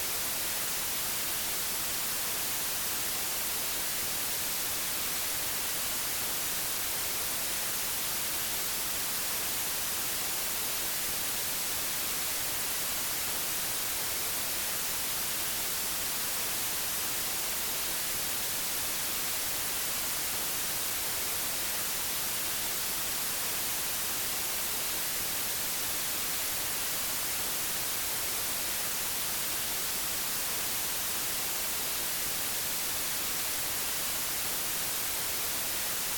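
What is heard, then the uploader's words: Pure white noise holds perfectly steady for the whole clip, a dense, even hiss with no breaks or changes in level. It leans bright, with the sharp, airy top end most prominent over a thinner low rush, and nothing else comes through. Pure Ambient White Noise.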